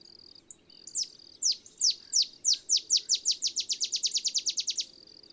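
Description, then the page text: Olive sparrow song: sharp downslurred chips that speed up into a quick bouncing trill lasting about four seconds, over a faint steady high insect-like tone. Singing in the early morning in Texas, 50 miles north of the Mexican border; simple songs likened to a field sparrow's bouncing-ball song. "Olive sparrow. Recording early morning just 50 miles north of the Mexican border in Texas"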